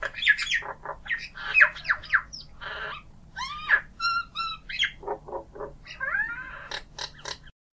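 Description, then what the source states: Common Myna giving a varied run of squawks, harsh chatters, gurgles and whistles, changing note every fraction of a second. Also called Indian Myna; brown with yellow bill and yellow eye ring, dark brown plumage; introduced species, more aggressive than the Noisy Miner and often drives it from its territory; seen in backyards.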